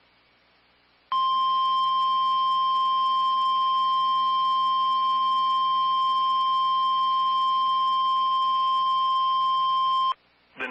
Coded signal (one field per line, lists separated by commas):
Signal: Emergency Alert System (SAME) tones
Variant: 1050 Hz attention tone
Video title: SVRS That Made My Editing Hard| EAS Alerts From 7/8/-7/9/2020 (EAS #47-51)